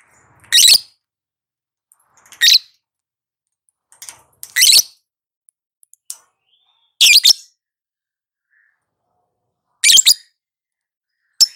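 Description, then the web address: Lovebird screeches: harsh, raspy high squawks repeated every two seconds or so, with faint soft chirps between. Female lovebird. "love-bird suara-lovebird-betina"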